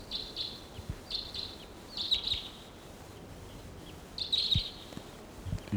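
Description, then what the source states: Crossbill calls: short, sharp, high chips in several scattered bursts over a low background hiss with faint low thumps. Several wild crossbills calling around the perimeter of a small gulch, answering decoy birds; wild bird heard along with calling decoys.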